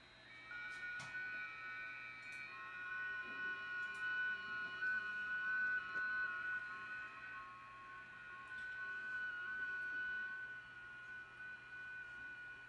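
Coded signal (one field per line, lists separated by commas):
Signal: FT8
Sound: several faint steady warbling tones at once, lasting about thirteen seconds, over hiss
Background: radio static, low hum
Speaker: There we go. We got an acceptable signal now, or in and around, and we can see that the stations are coming in.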